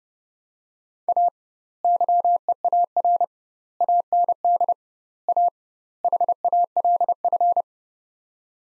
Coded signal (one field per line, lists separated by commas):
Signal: Morse code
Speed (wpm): 32 wpm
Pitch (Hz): 700 Hz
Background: none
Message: A YEAR AND A HALF